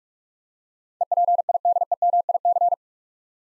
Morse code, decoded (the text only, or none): EPIDEMIC